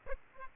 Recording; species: mosquito wingbeat signal from an infrared sensor; Aedes aegypti